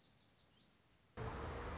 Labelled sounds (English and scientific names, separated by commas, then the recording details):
Lazuli Bunting (Passerina amoena)
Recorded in Sonoma County, California